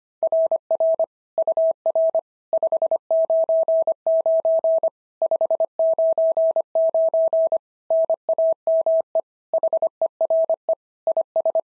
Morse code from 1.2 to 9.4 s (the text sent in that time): UR 599 599 NAME